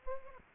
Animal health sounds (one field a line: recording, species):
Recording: mosquito wingbeat signal from an infrared sensor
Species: Aedes aegypti